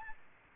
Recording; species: mosquito wingbeat signal from an infrared sensor; Aedes albopictus